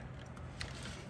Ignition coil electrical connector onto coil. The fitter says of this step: I don't know if y'all heard that click or not, but